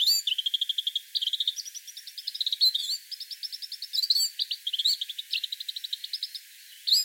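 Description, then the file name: Eurasian blackcap song, a fast stream of repeated chattering notes and scratchy warbled phrases, shifting pitch between series, with only brief pauses throughout. "Sylvia atricapilla"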